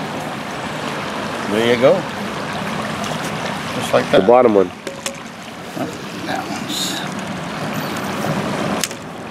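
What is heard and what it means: Someone talks over a steady background wash while the bottom pole section of a folding chair, the last one not yet seated, is pushed home into its joint. A brief sharp sound comes at about 5.1 s, and the section seats with a crisp click at 8.8 s.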